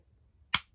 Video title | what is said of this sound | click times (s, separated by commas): Transformers legacy commander class Motormaster cab complete transformation process video. Menasor | the shoulder part in this will come in and it will click | 0.5 s